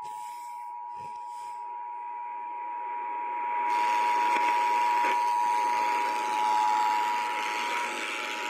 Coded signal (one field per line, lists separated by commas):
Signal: Emergency Alert System (SAME) tones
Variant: 853 and 960 Hz attention tone